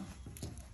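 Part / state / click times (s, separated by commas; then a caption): light harness plug into the hitch light connector / not seated / none. The wiring harness plug is pushed hard into the socket of a Diode Dynamics CR1 hitch-mount light, but it does not snap into place and feels loose, which may explain a warning alert that appears on most drives. Two faint, brief knocks are heard at about 0.4 s and 0.6 s. Nothing has seated or clicked yet.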